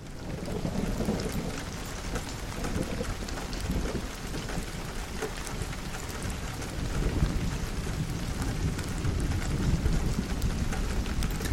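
Steady rain patters against a window, a dense continuous hiss, while low rumbles of thunder roll underneath and swell slightly louder toward the end. No voices. From a 10-hour video titled 'Lluvia en la ventana con sonidos de truenos' on the channel Buen Sueño.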